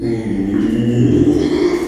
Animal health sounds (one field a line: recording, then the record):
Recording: squeal of a Yucatan mini pig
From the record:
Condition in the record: after surgery on the right vocal fold (resection and tissue-engineered implant)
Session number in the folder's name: 2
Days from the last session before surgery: 13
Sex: male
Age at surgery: 12 weeks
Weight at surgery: 13 kg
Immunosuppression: cyclosporine, prednisolone